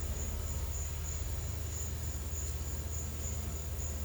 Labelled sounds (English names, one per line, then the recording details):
none
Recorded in secondary vegetation near Puerto Asís, Putumayo, Colombia, on 20 December 2024 at 13:30
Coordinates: 0.499, -76.323
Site G010